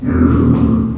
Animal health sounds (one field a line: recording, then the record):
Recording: squeal of a Yucatan mini pig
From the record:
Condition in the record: after surgery on the right vocal fold (resection and tissue-engineered implant)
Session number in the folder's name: 11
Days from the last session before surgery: 98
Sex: female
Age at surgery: 19 weeks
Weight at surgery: 25 kg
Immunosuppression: prednisolone